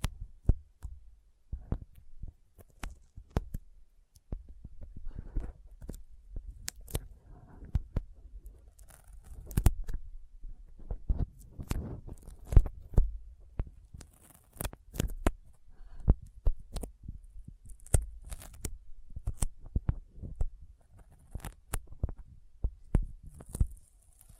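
Sticky finger sounds: quick, irregular clicks and tacky pops come in dense bursts throughout, each a sharp snap with a low thud under it. Some are louder smacks around 10 and 13 seconds, and a faint hiss rises near the end.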